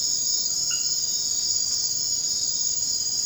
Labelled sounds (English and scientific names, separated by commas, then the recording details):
none
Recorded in secondary vegetation near Puerto Asís, Putumayo, Colombia, on 13 March 2025 at 02:00
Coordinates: 0.484, -76.319
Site G010